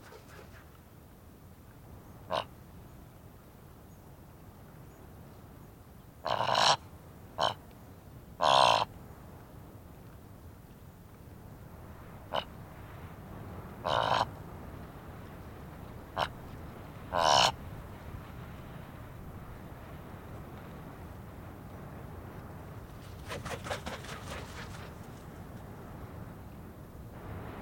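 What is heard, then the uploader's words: Thick-billed ravens give loud, harsh croaks in short bursts, some single and some paired, clustered around 6–9 seconds and again near 14 and 17 seconds. A low, steady rumble of wind fills the background, with a softer rattling flutter near 24 seconds. Thick-Billed Ravens On The Sanetti Plateau. Thick-billed ravens flying around and calling at a carcass. Recorded with Sennheiser DMS. Ethiopia.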